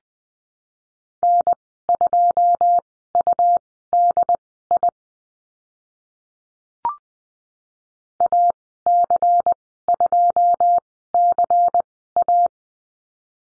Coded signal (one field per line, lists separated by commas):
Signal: Morse code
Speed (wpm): 20 wpm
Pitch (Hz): 700 Hz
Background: none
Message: N2UDI AC2CA